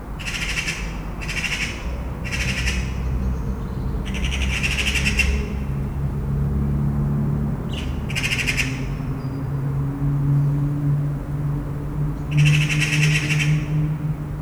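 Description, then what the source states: Eurasian magpie giving harsh rattling chatter in short bursts, repeated several times with pauses, over a steady low hum. Magpies chattering in a town.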